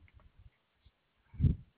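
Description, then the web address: Koala call: several soft, low pulses, then a loud, deep, rasping grunt near the end. Recorded 20 March 2021. "Koala CS HMCrecordings 3 20 2021"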